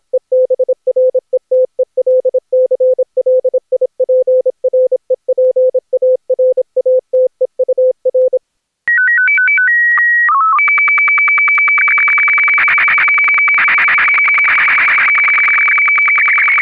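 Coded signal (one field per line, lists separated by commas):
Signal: SSTV (slow-scan television)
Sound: keyed Morse-like tone, then stepping beeps, steady tone, then warbling image scan with regular ticks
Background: Morse-like keyed tone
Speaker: in the last half minute of the bulletin we have another cartoon in sstv and we do a test with a popup and auto mode and frequency switching in F Digi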